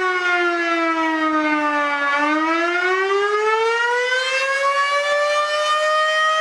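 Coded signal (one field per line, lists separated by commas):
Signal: siren signal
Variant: Federal Signal Model 5 siren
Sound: loud rich siren wail, pitch sagging then climbing again, continuous throughout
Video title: Federal Signal Model 5OC Pager/Siren Test, Attack, Bellport, NY 5/18/2023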